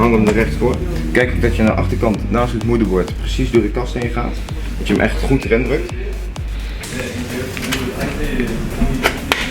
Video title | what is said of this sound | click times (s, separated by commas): Upgrade custom build Gaming PC | beetje kracht zetten en je hoort nu klikken | 9.3 s